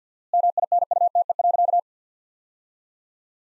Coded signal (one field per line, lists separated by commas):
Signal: Morse code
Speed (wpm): 48 wpm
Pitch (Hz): 700 Hz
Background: none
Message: MINUTE.